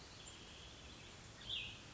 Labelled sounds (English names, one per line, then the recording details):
Cassin's Vireo
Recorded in Sonoma County, California